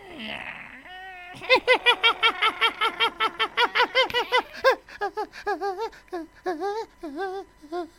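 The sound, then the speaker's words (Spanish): Hyenas laughing: a fast run of high, yelping cackles with wavering pitch, then slower, drawn-out giggling whoops that rise and fall. The calls are loud and sound on their own, with no talking. “Risotadas de hienas.”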